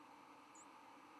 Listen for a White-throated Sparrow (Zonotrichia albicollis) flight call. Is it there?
no